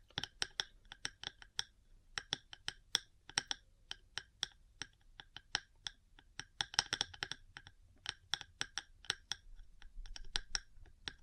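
Metal parts tapping in a quick, irregular stream of sharp, bright clicks, several per second, with brief gaps near two and eight seconds. The hits come in uneven clusters, densest around seven seconds, over a faint low rumble that rises slightly near the end.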